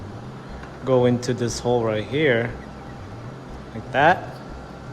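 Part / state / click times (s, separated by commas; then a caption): plastic upper grille prongs into front bumper cover holes / not seated / none. The plastic prongs of the upper grille on a 2014-2017 Infiniti Q50 are lined up with the holes in the front bumper cover while someone talks over a steady low background hum. The grille is being handled and nothing has seated or clicked yet.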